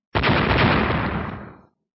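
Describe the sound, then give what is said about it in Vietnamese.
A single loud, booming, deafening explosion bursts in abruptly, a dense roar spreading across low and high tones, then rumbles and fades away over about a second and a half. “Vang tiếng nổ điếc tai, Tu Minh hộc máu, lại thụt lùi.”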